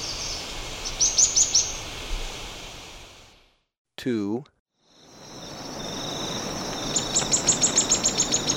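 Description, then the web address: Streaked xenops song: two quick runs of high, thin notes, split by an abrupt drop to silence and a short odd glitch, with insect buzzing underneath. Ecuador. "Birds of Ecuador. Streaked Xenops"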